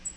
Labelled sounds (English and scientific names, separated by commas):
Black-throated Green Warbler (Setophaga virens) flight call